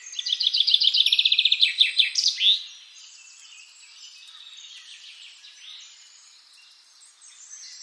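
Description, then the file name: Common chaffinch song: a fast trill ending in a sharp flourish, followed by softer chirps and twitters from other birds. "Fringilla coelebs"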